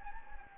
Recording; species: mosquito wingbeat signal from an infrared sensor; Anopheles gambiae